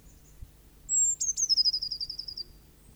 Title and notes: Cyanistes caeruleus (Linnaeus, 1758). Birdsong of the blue tit